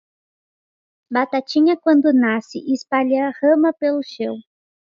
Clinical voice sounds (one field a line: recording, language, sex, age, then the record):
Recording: short text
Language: Brazilian Portuguese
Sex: female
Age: 30 to 39 years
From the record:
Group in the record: control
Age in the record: 30 years